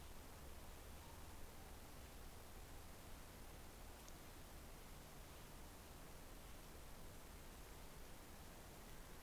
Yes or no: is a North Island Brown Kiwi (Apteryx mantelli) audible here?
no